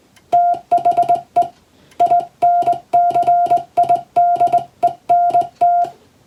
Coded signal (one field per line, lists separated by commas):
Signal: Morse code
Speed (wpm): 21 wpm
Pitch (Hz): 700 Hz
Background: music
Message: THE INCIDENT